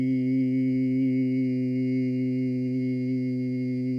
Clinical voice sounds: sustained vowel /i/; male; 50 to 59 years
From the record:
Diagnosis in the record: amyotrophic lateral sclerosis, spinal onset 58 months earlier, bulbar signs present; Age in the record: 57 years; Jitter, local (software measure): 0.20%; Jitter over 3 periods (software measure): 0.09%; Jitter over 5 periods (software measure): 0.13%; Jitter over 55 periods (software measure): 0.51%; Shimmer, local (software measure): 1.8%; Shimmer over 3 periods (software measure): 0.8%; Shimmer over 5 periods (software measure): 0.9%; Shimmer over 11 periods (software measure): 1.9%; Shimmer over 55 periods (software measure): 4.7%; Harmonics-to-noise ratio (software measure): 23.4 dB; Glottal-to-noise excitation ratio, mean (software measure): 0.88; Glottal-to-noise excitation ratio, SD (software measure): 0.029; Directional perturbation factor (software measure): 59.2%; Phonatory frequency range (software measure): 0.09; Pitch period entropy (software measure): 0.56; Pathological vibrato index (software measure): 0.31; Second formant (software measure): 2239 Hz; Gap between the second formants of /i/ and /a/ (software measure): 930 Hz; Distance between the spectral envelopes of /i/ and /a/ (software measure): 11.1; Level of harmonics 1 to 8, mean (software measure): -11.4, -3.5, -17.5, -26.6, -40.6, -57.9, -72.1, -76.8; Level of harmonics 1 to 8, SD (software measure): 0.4, 1.7, 1.4, 0.9, 1.5, 3.7, 4.0, 5.2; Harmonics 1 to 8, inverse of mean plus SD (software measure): 0.085, 0.195, 0.053, 0.036, 0.024, 0.016, 0.013, 0.012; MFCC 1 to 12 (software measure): 4.8, 20.1, 6.6, -30.9, 3.4, -11.1, -10.1, 2.3, -5.5, -10.0, 5.6, -2.4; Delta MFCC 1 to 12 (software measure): 0.010, 0.006, -0.002, -0.020, 0.009, 0.003, 0.010, 0.005, -0.007, 0.013, -0.018, 0.017

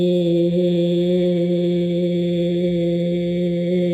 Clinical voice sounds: sustained vowel /i/; female; 60 to 69 years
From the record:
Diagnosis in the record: amyotrophic lateral sclerosis, bulbar onset 20 months earlier, bulbar signs present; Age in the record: 63 years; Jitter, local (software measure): 0.49%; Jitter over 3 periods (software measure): 0.24%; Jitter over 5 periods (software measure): 0.29%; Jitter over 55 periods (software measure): 0.90%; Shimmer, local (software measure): 3.7%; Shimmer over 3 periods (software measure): 1.7%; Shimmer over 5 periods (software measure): 2.2%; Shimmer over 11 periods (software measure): 3.8%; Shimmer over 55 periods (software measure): 6.7%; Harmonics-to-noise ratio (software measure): 18.1 dB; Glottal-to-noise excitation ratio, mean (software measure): 0.89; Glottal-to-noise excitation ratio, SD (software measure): 0.027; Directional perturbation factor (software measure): 64.7%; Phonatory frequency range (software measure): 0.12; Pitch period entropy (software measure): 1.64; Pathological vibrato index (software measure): 0.80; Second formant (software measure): 3557 Hz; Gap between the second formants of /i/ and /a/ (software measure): 2129 Hz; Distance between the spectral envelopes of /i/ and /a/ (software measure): 7.3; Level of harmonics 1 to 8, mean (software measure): -4.3, -5.3, -9.8, -35.6, -55.5, -55.4, -62.7, -65.6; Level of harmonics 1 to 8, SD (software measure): 0.8, 2.9, 2.7, 3.4, 6.7, 5.5, 5.4, 5.7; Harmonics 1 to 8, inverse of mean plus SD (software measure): 0.197, 0.122, 0.080, 0.026, 0.016, 0.016, 0.015, 0.014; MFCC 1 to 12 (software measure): -0.3, 20.5, -12.5, -22.2, -12.8, 2.5, -9.1, 3.1, -11.2, -10.4, -9.0, -5.5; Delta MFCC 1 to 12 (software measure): -0.003, -0.005, 0.028, -0.023, 0.011, 0.014, -0.003, 0.028, -0.005, -0.027, 0.013, -0.010

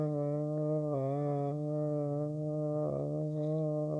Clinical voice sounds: sustained vowel /a/; male; 60 to 69 years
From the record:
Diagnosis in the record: amyotrophic lateral sclerosis, spinal onset 11 months earlier, bulbar signs present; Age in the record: 61 years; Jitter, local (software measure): 1.18%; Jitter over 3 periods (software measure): 0.73%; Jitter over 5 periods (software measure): 0.57%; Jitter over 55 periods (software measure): 1.54%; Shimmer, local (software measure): 5.9%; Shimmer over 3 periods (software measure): 3.4%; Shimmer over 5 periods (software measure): 2.9%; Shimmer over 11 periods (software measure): 4.3%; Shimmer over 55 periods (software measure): 8.0%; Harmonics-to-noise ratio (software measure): 14.0 dB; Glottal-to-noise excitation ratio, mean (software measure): 0.86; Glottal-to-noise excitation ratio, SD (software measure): 0.040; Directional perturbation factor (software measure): 78.2%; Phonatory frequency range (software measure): 0.37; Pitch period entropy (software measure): 1.50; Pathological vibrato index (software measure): 0.71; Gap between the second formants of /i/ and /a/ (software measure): 785 Hz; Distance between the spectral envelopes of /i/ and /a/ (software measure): 7.1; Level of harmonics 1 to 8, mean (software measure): -3.6, -7.2, -8.9, -5.9, -20.9, -37.9, -33.5, -32.1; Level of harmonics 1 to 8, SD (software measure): 2.0, 3.6, 2.7, 3.4, 6.4, 6.4, 5.8, 7.7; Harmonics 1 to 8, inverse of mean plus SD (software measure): 0.181, 0.093, 0.086, 0.108, 0.037, 0.023, 0.025, 0.025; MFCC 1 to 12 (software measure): 12.3, -1.4, -12.4, -5.1, -5.2, 0.2, 0.0, 4.9, -15.1, -11.3, 2.4, 2.3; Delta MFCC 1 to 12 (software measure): 0.010, 0.008, -0.026, 0.002, 0.021, -0.016, 0.010, 0.003, 0.000, -0.017, 0.006, 0.012

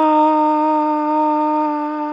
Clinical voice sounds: sustained vowel /a/; female; 60 to 69 years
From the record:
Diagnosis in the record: healthy control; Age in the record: 65 years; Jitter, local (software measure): 0.36%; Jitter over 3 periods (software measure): 0.23%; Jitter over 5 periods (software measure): 0.24%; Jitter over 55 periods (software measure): 0.41%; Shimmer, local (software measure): 3.3%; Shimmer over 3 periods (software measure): 1.9%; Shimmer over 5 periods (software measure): 1.9%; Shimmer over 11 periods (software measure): 2.2%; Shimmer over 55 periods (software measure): 3.8%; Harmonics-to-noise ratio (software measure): 16.4 dB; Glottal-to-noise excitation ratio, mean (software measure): 0.90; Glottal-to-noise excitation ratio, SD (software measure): 0.026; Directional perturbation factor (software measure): 64.5%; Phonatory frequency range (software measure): 0.08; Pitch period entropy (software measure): 0.38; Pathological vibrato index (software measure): 0.22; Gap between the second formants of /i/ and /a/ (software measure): 1549 Hz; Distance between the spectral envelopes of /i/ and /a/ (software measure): 10.9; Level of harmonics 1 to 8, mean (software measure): -8.0, -11.8, -6.1, -16.6, -34.1, -38.9, -39.0, -38.4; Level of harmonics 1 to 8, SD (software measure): 1.8, 3.4, 3.6, 2.2, 4.7, 2.8, 2.6, 5.0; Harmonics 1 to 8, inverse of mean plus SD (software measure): 0.102, 0.066, 0.103, 0.053, 0.026, 0.024, 0.024, 0.023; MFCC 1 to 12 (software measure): -4.5, -15.6, -13.8, -3.9, -6.9, -20.1, -10.9, -3.5, -4.4, 2.9, 1.0, 12.8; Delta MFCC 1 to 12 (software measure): 0.004, -0.003, 0.027, -0.023, -0.015, 0.010, 0.011, -0.025, -0.005, 0.000, -0.007, -0.017

